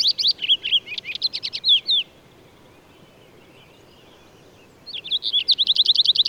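Bird song: rapid bursts of high, sharp chirps and trills for two seconds, a pause of near silence, then another fast chirping run resumes.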